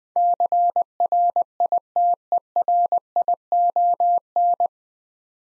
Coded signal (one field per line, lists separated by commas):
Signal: Morse code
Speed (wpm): 20 wpm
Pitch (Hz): 700 Hz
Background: none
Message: CRITERION